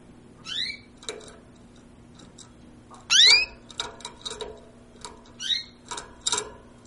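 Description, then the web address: Bird chirps, bright sweeping notes mixed with ticking clicks, with a continuous low hum behind. "sounds aves"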